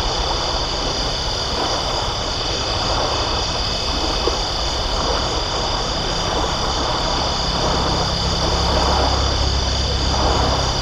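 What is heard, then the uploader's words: A dense, unbroken chorus of toads trills steadily throughout, with several high, buzzing voices layered at constant pitch. A low engine-like rumble from a passing vehicle sits underneath and swells slightly toward the end. Maryland toad chorus.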